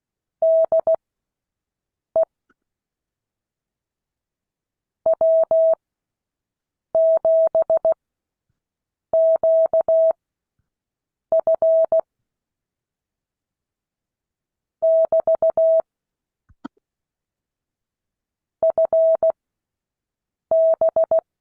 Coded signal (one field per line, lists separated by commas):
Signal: Morse code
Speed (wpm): 16 wpm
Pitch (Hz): 650 Hz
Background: none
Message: DE W7QF <BT> FB